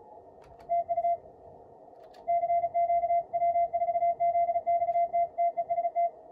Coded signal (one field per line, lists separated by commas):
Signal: Morse code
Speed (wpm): 36 wpm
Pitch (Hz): 2050 Hz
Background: radio noise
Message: TU CQ W4ZXT TEST